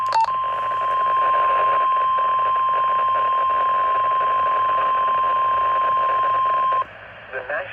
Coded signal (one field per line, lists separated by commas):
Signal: Emergency Alert System (SAME) tones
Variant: 1050 Hz attention tone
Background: speech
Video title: EAS 1 - Severe Thunderstorm Warning for my County!